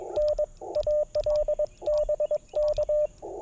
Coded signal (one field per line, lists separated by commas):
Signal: Morse code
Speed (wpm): 22 wpm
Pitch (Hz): 600 Hz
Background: radio noise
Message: N AL BK